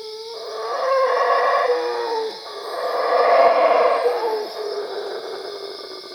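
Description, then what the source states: Howler monkey howls, two long roaring swells with gravelly texture, the second louder, backed by steady insect drone. Recorded at Cuevas.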